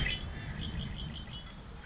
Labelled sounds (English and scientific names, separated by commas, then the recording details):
Red-winged Blackbird (Agelaius phoeniceus)
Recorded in Sonoma County, California